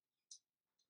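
A torque wrench tightens a clutch pressure plate bolt on a Honda CBR 600F to the book's 12 Nm setting. A sharp, bright click at 0.3 s marks the wrench breaking over, followed by a fainter tick near 0.8 s. The bolt has reached its set torque.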